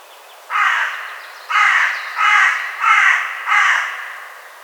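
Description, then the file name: Carrion crow giving five harsh, rasping caws, a pause after the first, then the rest in quicker succession. "Corvus corone"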